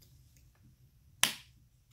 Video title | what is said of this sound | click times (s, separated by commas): Alphard Golf eWheels wheelie bar unboxing / Rovic RV1S bracket installation / silicone remote sleeve | it down this will swing up and will click into gear they'll | 1.2 s